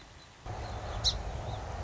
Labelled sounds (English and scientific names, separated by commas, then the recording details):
Song Sparrow (Melospiza melodia)
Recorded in Sonoma County, California